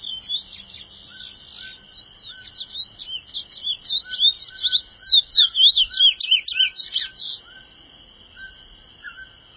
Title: Canto De Curio